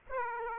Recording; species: mosquito wingbeat signal from an infrared sensor; Aedes aegypti